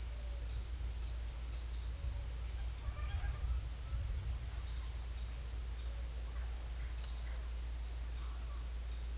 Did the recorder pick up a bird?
yes